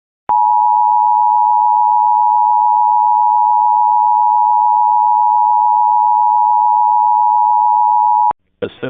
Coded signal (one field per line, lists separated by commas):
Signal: Emergency Alert System (SAME) tones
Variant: 853 and 960 Hz attention tone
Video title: Eas mock 2: Amber alert for all of florida on The OW 41